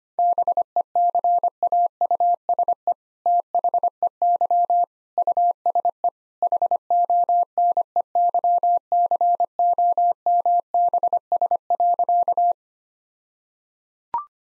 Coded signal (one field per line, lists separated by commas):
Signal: Morse code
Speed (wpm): 25 wpm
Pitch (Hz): 700 Hz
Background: none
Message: BECAUSE THEY USE HONEYCOMBS.